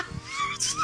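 Brief high, squeaky whining gurgle from an adult's belly, picked up by a microphone placed by the belly: loud bowel sounds, more pronounced than usual, after eating a whole can of sugar-free cake icing.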